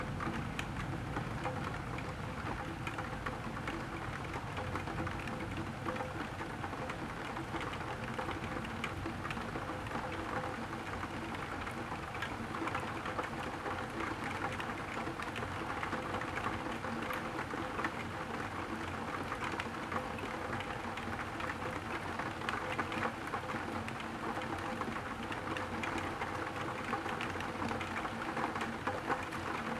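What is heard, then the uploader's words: Rain ticks steadily on a tilted window, a dense, even patter of fine drops that holds from start to finish. Low rumbling thunder rolls underneath throughout, and faint thin chirps surface now and then above the rain. Night rain in July with rumbling thunder and songs from a blackbird. Tickling rain on a tilted window, while thunder keeps rumbling regularly. A blackbird at the rooftop across the street is singing through the thunderstorm.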